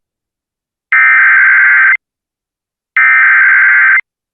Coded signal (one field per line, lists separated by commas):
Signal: Emergency Alert System (SAME) tones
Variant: header bursts